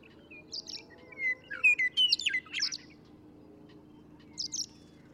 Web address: birdsongforthecurious songs Western Meadowlark